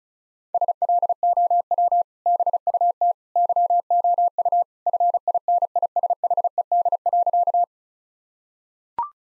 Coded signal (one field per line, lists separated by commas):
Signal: Morse code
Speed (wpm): 35 wpm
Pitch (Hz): 700 Hz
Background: none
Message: SLOW BUT YOU FINISHED.